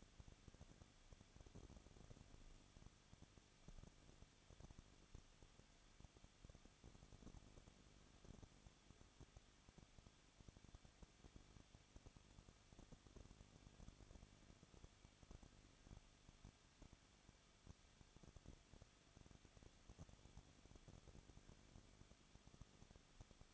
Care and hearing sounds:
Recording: daily activity, microphone in the room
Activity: no activity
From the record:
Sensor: 4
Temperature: 23.0 degrees Celsius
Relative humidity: 34.1%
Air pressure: 1007.3 hPa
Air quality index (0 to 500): 214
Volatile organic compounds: 14 ppm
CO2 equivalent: 2469 ppm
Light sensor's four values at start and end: 2/3/1/1 and 2/3/1/1

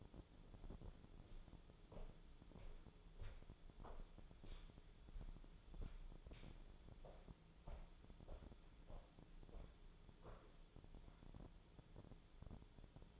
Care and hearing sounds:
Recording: daily activity, microphone in the room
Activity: walk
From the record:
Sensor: 5

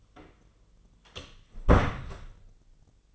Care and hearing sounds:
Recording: daily activity, microphone in the room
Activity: close door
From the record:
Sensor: 4

